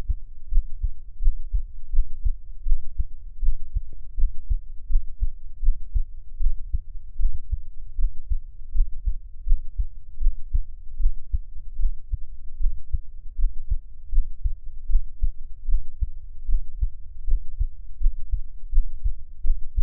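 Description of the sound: Soft, low thumps repeating about 82 times a minute: an adult's heartbeat heard up close, made for ASMR listening, with no talking.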